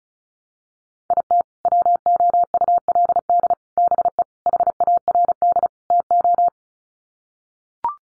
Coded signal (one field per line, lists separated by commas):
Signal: Morse code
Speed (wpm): 34 wpm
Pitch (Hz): 700 Hz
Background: none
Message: IT WOULD BE HARD TO